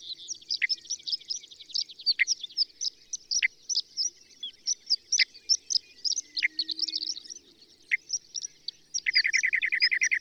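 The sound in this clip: Bird song: a busy stream of bright, high chirps and downward flicks, ending with a rapid, even trill of repeated notes.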